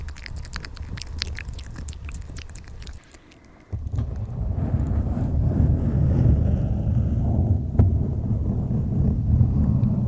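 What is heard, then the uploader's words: Mouth sounds and quick taps crackle for the first three seconds, then cut to near silence around the three-second mark. From about four seconds a dense, low scratching rumble of mic rubbing takes over and grows louder, with a sharp click near eight seconds. Mouth sounds, tapping, mic scratching (NO TALKING).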